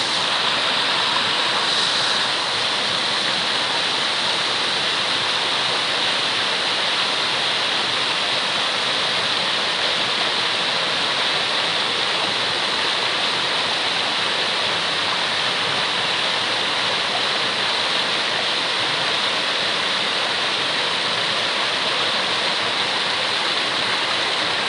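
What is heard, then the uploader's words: A waterfall in Govind National Park pours with a dense, unbroken roar that holds steady for the whole stretch. The rushing sound is full and hissing, strongest in the middle and upper range, with a faint brighter splash near the two-second mark. Waterfall of govind national park. I'm taking you on a walk in the Govind Wildlife Sanctuary, located in the Uttarkashi district of Uttarakhand, India.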